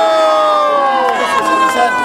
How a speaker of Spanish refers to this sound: Un aplauso para él.